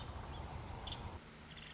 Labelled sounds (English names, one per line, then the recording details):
Nuttall's Woodpecker
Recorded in Sonoma County, California